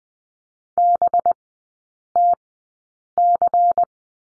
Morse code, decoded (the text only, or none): BTC